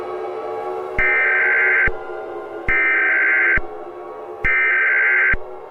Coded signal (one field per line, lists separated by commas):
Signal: Emergency Alert System (SAME) tones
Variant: header bursts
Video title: The Great Thunder Over Louisville Disaster of 2010 - an EAS scenario